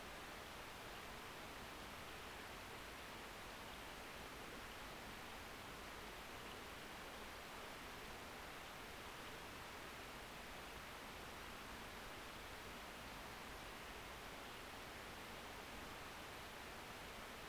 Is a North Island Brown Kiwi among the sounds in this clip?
no